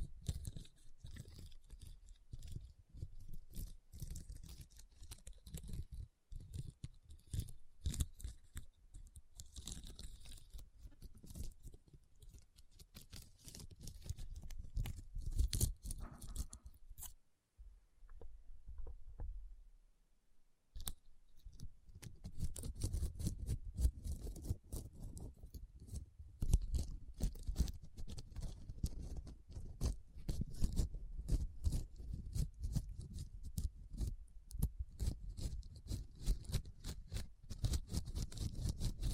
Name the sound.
RHINESTONE Tapping & Scratching Sounds